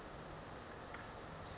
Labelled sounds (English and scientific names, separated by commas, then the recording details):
Brown Creeper (Certhia americana)
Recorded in Sonoma County, California